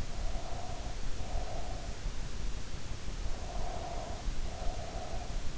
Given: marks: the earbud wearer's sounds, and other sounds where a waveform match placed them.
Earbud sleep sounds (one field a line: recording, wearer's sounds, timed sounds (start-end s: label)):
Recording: sounds in sleep by an in-ear microphone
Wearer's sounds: breath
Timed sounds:
0.00-2.14 s: breath
3.36-5.54 s: breath